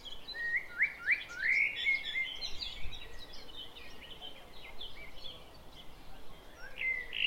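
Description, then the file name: Common blackbird song: a run of fluty, slurred notes with high twittering, then softer chirps and a brief phrase again near the end. "Turdus merula"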